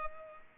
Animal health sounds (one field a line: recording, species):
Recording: mosquito wingbeat signal from an infrared sensor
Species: Culex pipiens